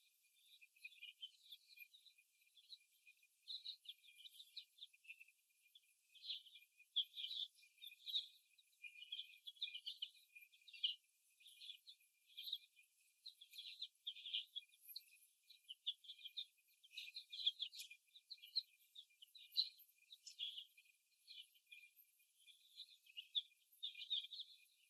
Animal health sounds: young laying hens in a cage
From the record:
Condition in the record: before the stressor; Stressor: simulated dog barking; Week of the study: 1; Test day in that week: 1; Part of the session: 3

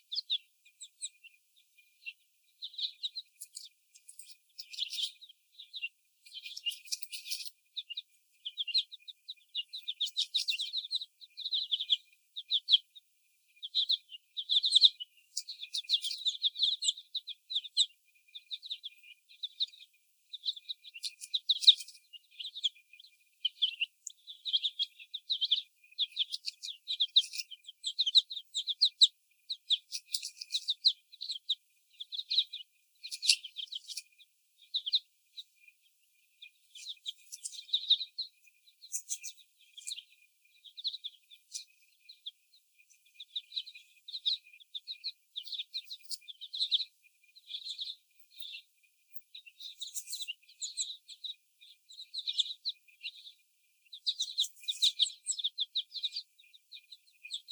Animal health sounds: young laying hens in a cage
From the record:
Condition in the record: before the stressor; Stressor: sudden umbrella opening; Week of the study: 1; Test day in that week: 1

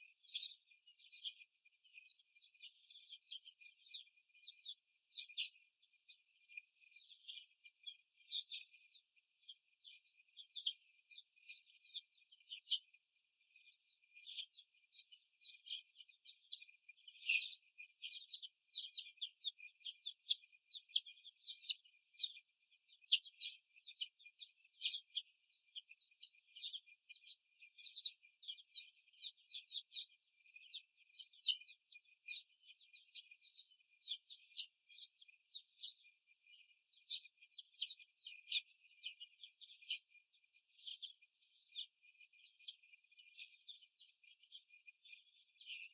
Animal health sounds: young laying hens in a cage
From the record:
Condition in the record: after the stressor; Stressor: simulated dog barking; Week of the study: 1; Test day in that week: 2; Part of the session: 1

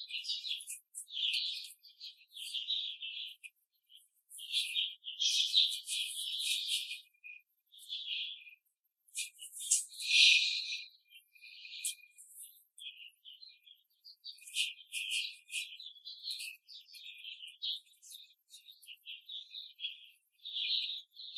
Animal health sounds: young laying hens in a cage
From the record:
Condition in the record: control cage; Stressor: none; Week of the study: 5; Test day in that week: 1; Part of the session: 2

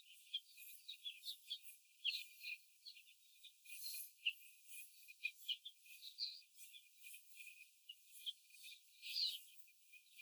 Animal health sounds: young laying hens in a cage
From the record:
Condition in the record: before the stressor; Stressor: simulated dog barking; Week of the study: 4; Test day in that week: 1

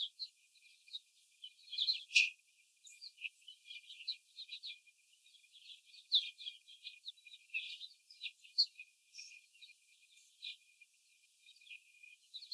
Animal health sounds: young laying hens in a cage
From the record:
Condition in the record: before the stressor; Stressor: simulated dog barking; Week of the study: 4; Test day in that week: 3

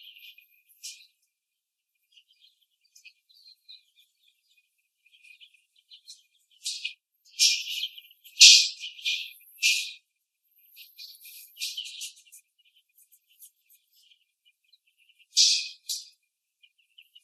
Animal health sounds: young laying hens in a cage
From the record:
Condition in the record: after the stressor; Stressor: simulated dog barking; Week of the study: 2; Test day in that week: 3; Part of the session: 1

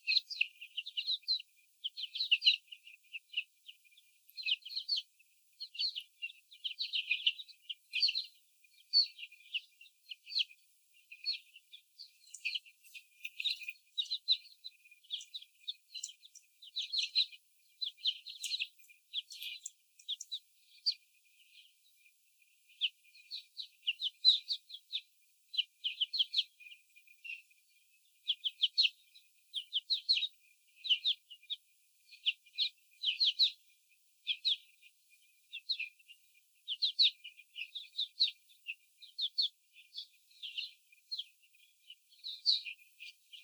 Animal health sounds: young laying hens in a cage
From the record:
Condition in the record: before the stressor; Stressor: sudden umbrella opening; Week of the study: 3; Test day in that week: 2

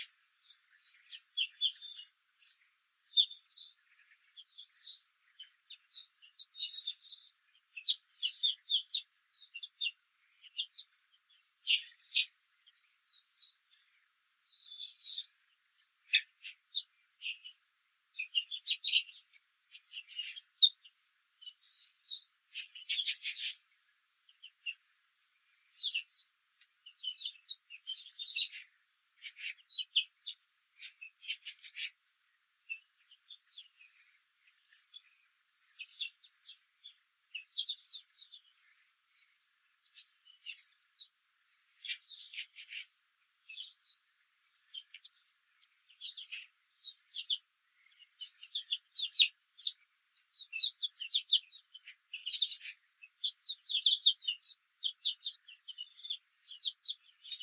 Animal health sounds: young laying hens in a cage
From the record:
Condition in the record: control cage, after the stress test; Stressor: none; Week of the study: 4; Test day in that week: 1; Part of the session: 2

